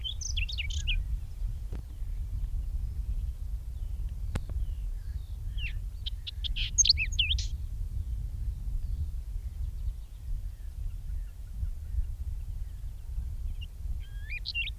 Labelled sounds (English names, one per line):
Whinchat song